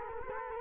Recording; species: mosquito wingbeat signal from an infrared sensor; Culex quinquefasciatus